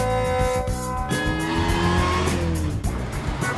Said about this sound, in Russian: Машина мчит, меняя резко полосы движения. Синий старенький Volkswagen.